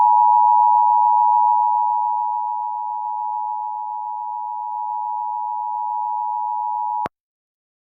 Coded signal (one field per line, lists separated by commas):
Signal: Emergency Alert System (SAME) tones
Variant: 853 and 960 Hz attention tone